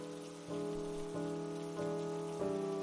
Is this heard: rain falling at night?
yes